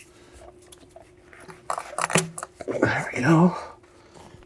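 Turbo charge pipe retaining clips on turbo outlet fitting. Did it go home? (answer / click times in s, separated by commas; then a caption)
yes / 1.7 s, 2.4 s. On a 2019-present BMW 330i (G20; also G22 430i, G42 230i), the charge pipe is pushed onto its outlet fitting under the turbo and its retaining clips are snapped shut, with sharp clicks at 1.7 s and 2.4 s. Someone talks as the clips lock in, confirming the charge pipe is seated.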